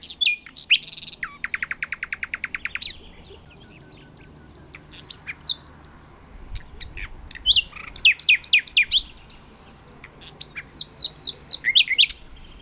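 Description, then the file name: Common nightingale song: a fast, rattling series of repeated notes, then pauses and bursts of sharp notes repeated in quick succession. "Luscinia megarhynchos"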